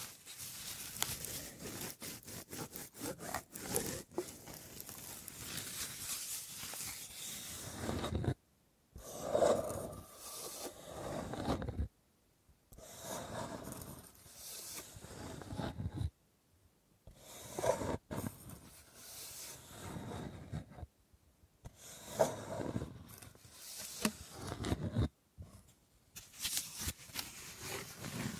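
Wooden objects are rubbed, scraped and tapped in bursts of dense, gritty texture, with quick clicks in the first eight seconds. The sounds stop abruptly several times, leaving brief silences near 9, 12, 16, 21 and 25 seconds before resuming.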